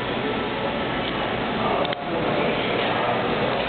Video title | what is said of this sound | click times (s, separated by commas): HTC Wing Dissasembly T-Mobile LCD Replacement Tutorial Part 3 | right there you'll hear it latch in | 1.9 s